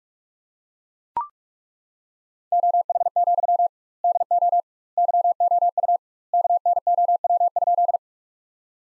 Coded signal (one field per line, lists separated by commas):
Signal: Morse code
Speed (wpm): 42 wpm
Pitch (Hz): 700 Hz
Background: none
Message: OH, DO YOU KNOW?